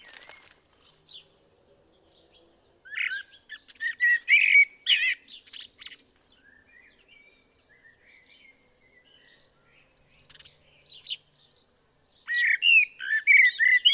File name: Turdus merula